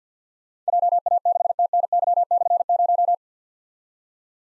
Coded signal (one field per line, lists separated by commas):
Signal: Morse code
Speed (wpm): 47 wpm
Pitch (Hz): 700 Hz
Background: none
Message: JA6TNY/0